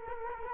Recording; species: mosquito wingbeat signal from an infrared sensor; Culex quinquefasciatus